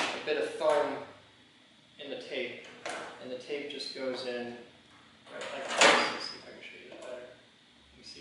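An 8-track tape cartridge is pushed into an opened tape player mechanism while someone talks, with a sharp sliding, scraping sound of the cartridge going in around 5.8 seconds. The cartridge is only being handled, not yet home: nothing has seated or clicked yet, and the spring-loaded wheel has not dropped into the notch in the side of the tape that locks it in.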